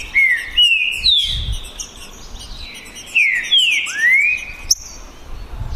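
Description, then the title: Green-winged saltator giving two phrases of whistled slurred notes, falling and rising, with a brief sharp click. Song contest between two birds, Naval vs Demolidor, 2022 season; birds calling, singing and showing male display ('macheando') in the dispute. "É UMA DISPUTA DE TRINCA FERRO PERFEITA!! NAVAL VS DEMOLIDOR 2022!"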